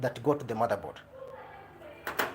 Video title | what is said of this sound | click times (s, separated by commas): WE ARE LIVE GIVING FREE WASHING MACHINE TIPS | so you see it's locked the machine will start spinning shortly | 2.1 s, 2.2 s